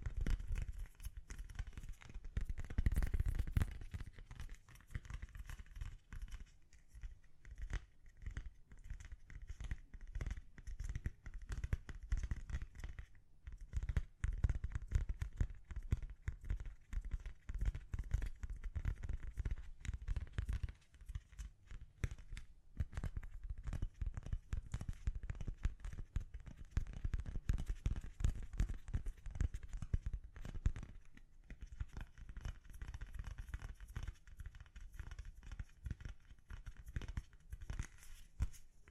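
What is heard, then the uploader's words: Gentle tapping runs almost continuously for the whole stretch, a dense patter of soft, quick taps with a dull, low body and a faint scratchy edge. It sounds dry, with brief lulls around fourteen, twenty-two and thirty-one seconds. ASMR Gently Tapping You to Sleep (No Talking).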